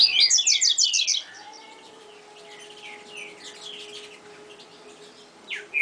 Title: Canto Coleiro